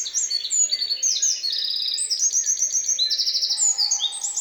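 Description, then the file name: Eurasian wren song, a continuous stream of loud, high-pitched trills and rattles, with a faint lower tone near the end. "Troglodytes troglodytes"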